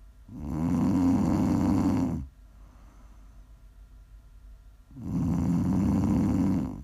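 Two long, low, rattling snores, each about two seconds, separated by a quiet pause of nearly three seconds, a regular sleeping rhythm of roughly 13 breaths a minute. The vibrating, throaty sound comes on the inward breath, typical of ordinary snoring.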